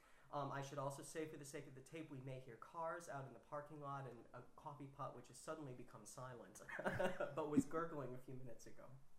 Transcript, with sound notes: I should also say for the sake of the tape, we may hear cars out in the parking lot and a coffee pot, which has suddenly become silent [chuckles] but was gurgling a few minutes ago.